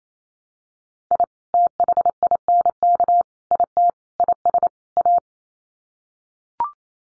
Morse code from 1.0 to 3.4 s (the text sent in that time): I THINK